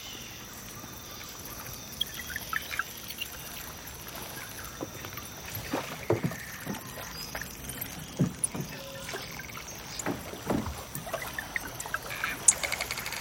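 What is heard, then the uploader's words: A jungle field recording with a steady hiss of insects and a faint high whine running throughout. Scattered knocks and splashy, water-like bursts break through every second or two, clustering around the middle and near the end, over a low, soft rumble. Jungle field recording + Modular Synth.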